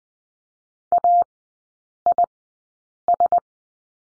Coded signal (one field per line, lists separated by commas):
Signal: Morse code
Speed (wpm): 20 wpm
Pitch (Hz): 700 Hz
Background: none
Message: AIS